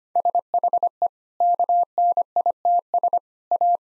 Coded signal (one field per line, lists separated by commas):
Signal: Morse code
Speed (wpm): 25 wpm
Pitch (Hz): 700 Hz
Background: none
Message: SHE KNITS A